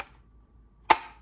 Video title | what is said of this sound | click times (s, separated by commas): Tier 1 Concealed Axis Elite Appendix Holster Review | that click right there oh it's it's just the best it's the best | 0.9 s